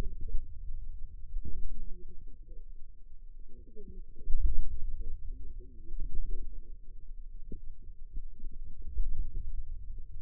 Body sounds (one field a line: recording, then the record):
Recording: forearm muscle sounds (acoustic myography)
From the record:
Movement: wrist extension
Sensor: system 2, bracelet of six BSWA MPA416 microphones around the upper forearm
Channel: 2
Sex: female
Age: 21 years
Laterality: right